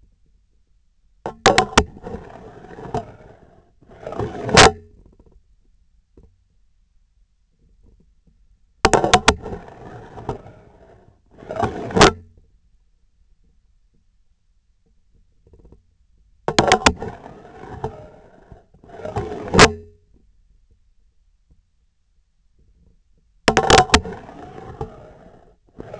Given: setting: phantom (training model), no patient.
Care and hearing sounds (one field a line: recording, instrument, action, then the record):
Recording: laparoscopic instrument, vibration sensor on the handle end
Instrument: scissors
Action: insertion and removal through the trocar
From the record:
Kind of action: spatial motion